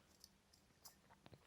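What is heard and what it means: A rubber intermediate tyre for a 1:8 diecast Red Bull RB19 F1 model is lined up and pushed onto its plastic/metal wheel rim, producing faint rubbing and handling noises with small sharp ticks around 0.2, 0.9, 1.3 and 1.5 seconds. The tyre has not seated or clicked into the rim yet.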